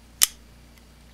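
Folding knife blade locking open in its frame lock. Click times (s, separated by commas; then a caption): 0.2 s. A Chris Reeve Large Sebenza 21 folding knife blade is opened until its frame lock engages, giving a single sharp, bright metal click at 0.2 s, followed by a much fainter tick at 0.8 s. The blade is locked open with a rock-solid lockup and zero play.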